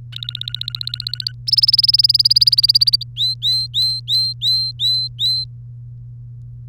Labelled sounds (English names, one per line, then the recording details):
Domestic Canary song
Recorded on 3 May 2018 at 10:56
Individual llb3